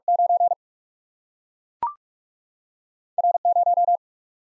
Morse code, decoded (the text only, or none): 9 R 0